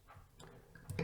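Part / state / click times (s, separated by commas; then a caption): fan retention clip onto CPU cooler heatsink / not seated / none. A metal wire retention clip on one side of a fan is handled as it is pulled down toward a CPU cooler heatsink, producing faint ticks and scraping contacts around 0.4 s and 0.8 s and sharper metallic ticks near 0.9 s and 1.0 s. The clip ends before the part goes home, and nothing has seated or clicked yet.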